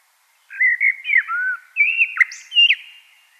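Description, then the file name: Common blackbird song: a mellow fluted warble of gliding whistles, broken by a sharp click and ending in a higher squeaky flourish. "Turdus merula"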